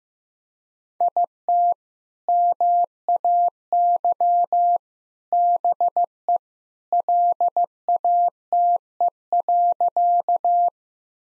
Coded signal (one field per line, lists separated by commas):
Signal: Morse code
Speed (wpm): 15 wpm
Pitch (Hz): 700 Hz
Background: none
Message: IT MAY BE LATE.